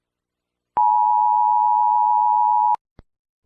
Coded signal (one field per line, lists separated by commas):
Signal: Emergency Alert System (SAME) tones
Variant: 853 and 960 Hz attention tone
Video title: EAs alarms 3